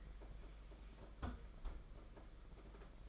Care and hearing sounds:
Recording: daily activity, microphone in the room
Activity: close fridge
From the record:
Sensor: 5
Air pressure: 992.0 hPa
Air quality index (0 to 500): 200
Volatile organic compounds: 1000 ppm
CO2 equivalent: 5761 ppm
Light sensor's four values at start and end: 30/100/37/39 and 29/101/37/39

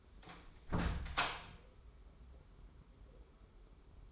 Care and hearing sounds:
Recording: daily activity, microphone in the room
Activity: close door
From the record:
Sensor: 1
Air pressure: 1015.2 hPa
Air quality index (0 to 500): 182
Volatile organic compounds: 16 ppm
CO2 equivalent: 2539 ppm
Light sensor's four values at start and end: 14/33/14/15 and 14/33/14/15

